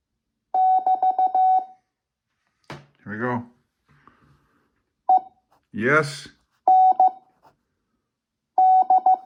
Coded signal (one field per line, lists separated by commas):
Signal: Morse code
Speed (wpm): 15 wpm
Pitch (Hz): 750 Hz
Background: speech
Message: <BT> END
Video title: Learning Morse Code (CW) 5 wpm - part 3